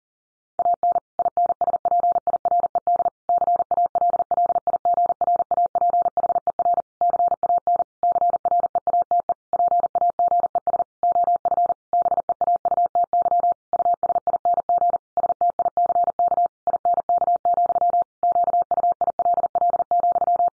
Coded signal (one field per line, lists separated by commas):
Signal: Morse code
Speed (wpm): 40 wpm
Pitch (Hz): 700 Hz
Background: none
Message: AN INSPIRED CALLIGRAPHER CAN CREATE PAGES OF BEAUTY USING STICK INK, QUILL,